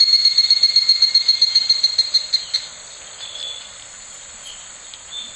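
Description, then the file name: Evening cicada calling in a rapid, ringing series of metallic pulses that fades after a few seconds, leaving a steady high insect drone. Recorded 13 July 2013. "ヒグラシ 130713"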